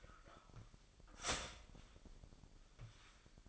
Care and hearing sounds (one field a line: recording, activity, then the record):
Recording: daily activity, microphone in the room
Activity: start toaster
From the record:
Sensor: 5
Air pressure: 1002.1 hPa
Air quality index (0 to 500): 208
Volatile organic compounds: 20 ppm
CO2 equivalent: 2688 ppm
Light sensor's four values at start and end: 33/108/41/44 and 33/108/41/43